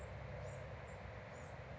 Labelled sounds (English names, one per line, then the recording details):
Bewick's Wren
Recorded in Sonoma County, California